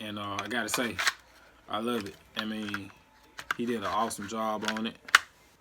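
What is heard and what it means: An item is being pushed into a battle belt holster or pouch, but nothing has seated or clicked yet. Someone talks through most of the clip, with a few soft handling taps between phrases and a sharper tap near the end.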